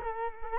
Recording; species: mosquito wingbeat signal from an infrared sensor; Culex quinquefasciatus